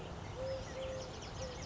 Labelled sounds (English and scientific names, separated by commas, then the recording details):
Eurasian Collared Dove (Streptopelia decaocto)
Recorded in Sonoma County, California